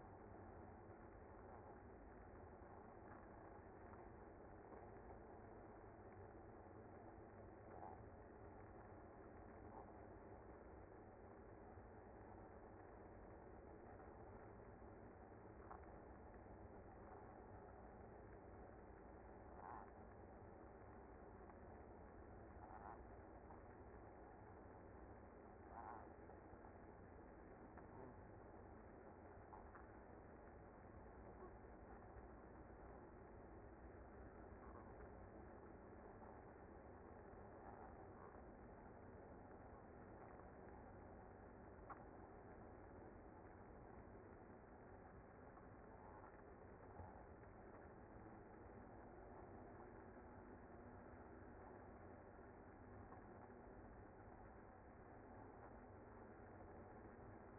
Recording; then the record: honeybee colony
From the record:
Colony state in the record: active